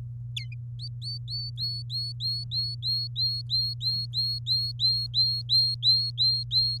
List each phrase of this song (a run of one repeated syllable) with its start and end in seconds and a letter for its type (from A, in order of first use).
0.36-0.55 A, 0.80-6.78 B